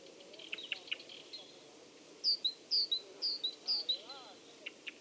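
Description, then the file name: Great tit two-note phrases repeated four times, amid scattered sharp chips and a faint wavering lower call. "Parus major"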